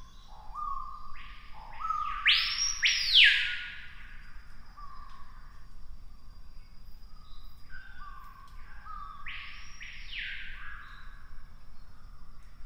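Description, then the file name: Screaming piha: a series of low, even lead-in notes followed by a loud, piercing, up-and-down whistle, the whole pattern repeated later. "piha bird scream"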